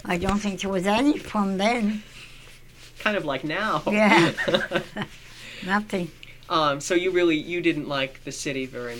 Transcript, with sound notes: I don't think it was any fun then.
Kind of like now. (he laughs)
Yeah. (she laughs) Nothing.
So you really, you didn't like the city very much?